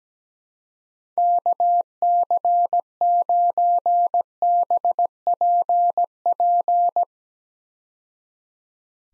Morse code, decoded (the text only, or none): KC9BPP